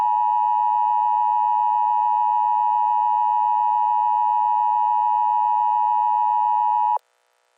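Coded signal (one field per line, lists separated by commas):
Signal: Emergency Alert System (SAME) tones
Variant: 853 and 960 Hz attention tone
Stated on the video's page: Fictional EAS scenario alert about a zombie virus.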